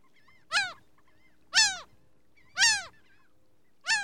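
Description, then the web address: Laughing gull calls: four loud, nasal, down-slurred yelps, about one each second with brief pauses, against a quiet background. Two birds calling. "bird laughing gull two birds calling animal"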